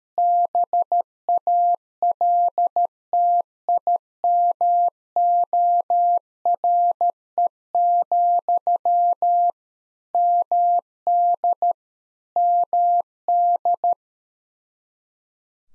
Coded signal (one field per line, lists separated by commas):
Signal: Morse code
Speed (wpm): 13 wpm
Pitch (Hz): 700 Hz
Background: none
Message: BALTIMORE, MD MD